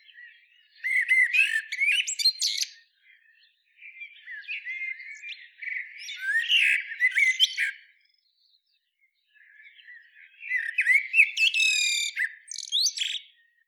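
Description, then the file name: Common blackbird giving three runs of warbled and scratchy twittering notes, each lasting a few seconds and separated by brief quiet gaps. "Turdus merula"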